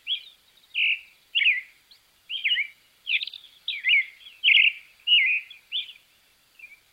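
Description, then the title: Creamy-bellied thrush song of varied chirpy, slurred phrases, some rising and some falling, given in a steady run with short gaps. "ZORZAL CHALCHALERO"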